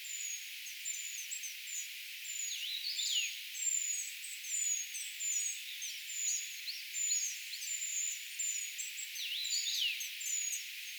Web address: paivat 4 6 2025 tietaakseni puukiipijapesueen aantelya